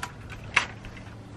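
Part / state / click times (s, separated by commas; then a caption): awning support leg into its spot under the awning case / seated / 0.6 s. An awning support leg is pushed into its spot underneath a Thule awning case and clicks in at 0.6 s with a sharp, bright snap. A few fainter ticks follow, and the leg is seated.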